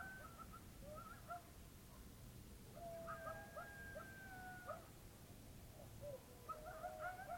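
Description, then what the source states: Coyote howls and yips: scattered yelps, then long, level, wavering howls, and more yips at the end. Several coyotes at Usery Park, Arizona.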